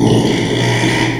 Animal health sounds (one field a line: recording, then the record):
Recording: squeal of a Yucatan mini pig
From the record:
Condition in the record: after surgery on the right vocal fold (resection and tissue-engineered implant)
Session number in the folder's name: 1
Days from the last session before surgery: 6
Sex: male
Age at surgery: 12 weeks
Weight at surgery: 13 kg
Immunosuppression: cyclosporine, prednisolone